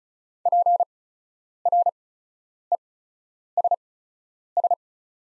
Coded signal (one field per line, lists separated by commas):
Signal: Morse code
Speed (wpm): 34 wpm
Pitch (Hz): 700 Hz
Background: none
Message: PRESS